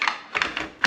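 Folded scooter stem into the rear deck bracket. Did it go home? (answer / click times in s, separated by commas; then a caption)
yes / 0.8 s. The folded handlebar stem of a Caroma E68 electric scooter (20 mph, 500 watt) is pushed back toward the rear, giving off a few light tapping clacks before its metal hook latches into the bracket on the deck. The stem locks into the rear bracket with a loud click at 0.8 s.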